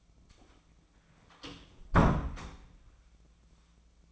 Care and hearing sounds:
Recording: daily activity, microphone in the room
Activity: close door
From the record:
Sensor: 1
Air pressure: 1009.3 hPa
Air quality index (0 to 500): 182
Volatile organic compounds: 3 ppm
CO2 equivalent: 1536 ppm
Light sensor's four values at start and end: 41/110/45/54 and 41/109/45/53

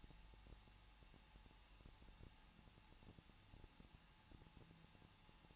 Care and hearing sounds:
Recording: daily activity, microphone in the room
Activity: no activity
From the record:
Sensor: 1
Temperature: 20.1 degrees Celsius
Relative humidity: 39.2%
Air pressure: 1006.3 hPa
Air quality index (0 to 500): 218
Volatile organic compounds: 77 ppm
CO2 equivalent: 3584 ppm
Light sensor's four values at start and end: 1/2/1/1 and 1/2/1/1

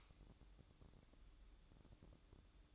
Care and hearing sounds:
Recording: daily activity, microphone in the room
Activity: light on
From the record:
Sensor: 3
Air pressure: 1007.9 hPa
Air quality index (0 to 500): 108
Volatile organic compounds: 1 ppm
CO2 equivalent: 901 ppm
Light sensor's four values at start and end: 9/22/9/9 and 16/43/19/17

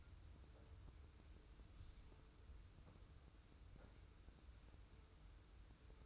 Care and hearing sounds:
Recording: daily activity, microphone in the room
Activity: wipe stove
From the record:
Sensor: 2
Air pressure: 990.4 hPa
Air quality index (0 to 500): 194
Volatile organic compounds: 1000 ppm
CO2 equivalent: 6186 ppm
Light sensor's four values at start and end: 33/78/32/32 and 33/78/32/32

